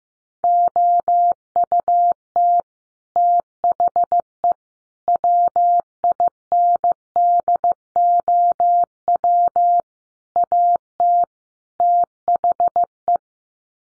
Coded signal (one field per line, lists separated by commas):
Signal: Morse code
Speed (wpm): 15 wpm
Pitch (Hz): 700 Hz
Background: none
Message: OUT THE WINDOW AT THE